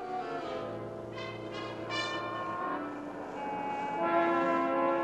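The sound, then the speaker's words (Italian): A steam train sounds out with sustained, layered whistle tones over a steady rumble as its brake releases amid puffs of black smoke, the pitches shifting and swelling louder toward the end as it pulls away. No voices. “Tra sbuffi di fumo nero s'allenta la morsa del freno e fila via il nostro treno fra grida di ferrovieri.”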